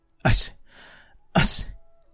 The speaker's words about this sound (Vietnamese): Lý Kỳ ngồi trước lò sưởi trong tường đang cháy hừng hực, đột nhiên hắt hơi vài tiếng, không khỏi mắng.